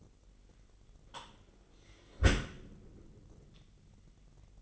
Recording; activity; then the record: daily activity, microphone in the room; close dishwasher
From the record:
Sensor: 4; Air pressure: 999.1 hPa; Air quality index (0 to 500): 122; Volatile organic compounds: 2 ppm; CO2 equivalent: 1204 ppm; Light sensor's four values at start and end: 7/18/7/8 and 8/19/7/8